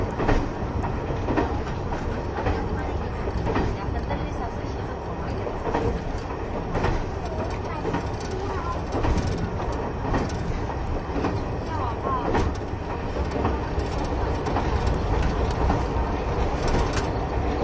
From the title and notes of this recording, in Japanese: キハ71系 ゆふいんの森03号02 日田～由布院。走行音(音の旅)。